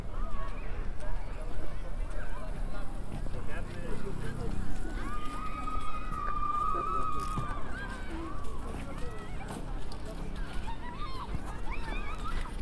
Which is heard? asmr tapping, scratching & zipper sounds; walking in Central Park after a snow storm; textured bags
walking in Central Park after a snow storm